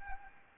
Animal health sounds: mosquito wingbeat signal from an infrared sensor; Anopheles gambiae

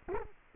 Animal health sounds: mosquito wingbeat signal from an infrared sensor; Culex quinquefasciatus

